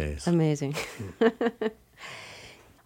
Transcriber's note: laughter